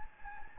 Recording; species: mosquito wingbeat signal from an infrared sensor; Anopheles gambiae